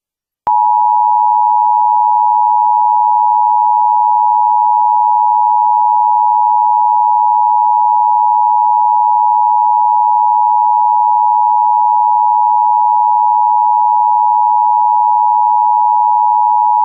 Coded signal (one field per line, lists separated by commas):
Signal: Emergency Alert System (SAME) tones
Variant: 853 and 960 Hz attention tone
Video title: EAS Testing